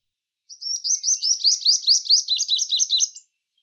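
Purple Sunbird song: a fast, high twittering phrase of many rising and falling slurred notes, lasting under three seconds, with nothing else heard.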